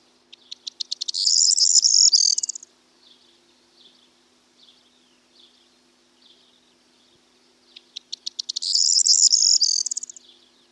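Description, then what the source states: Corn bunting song: a short accelerating run of ticking notes building into a dense, jangling high rattle, given twice about seven seconds apart, with faint chirps between and a low steady hum. Male; sings loudly, often perched on top of bushes; song likened to a jangling set of keys.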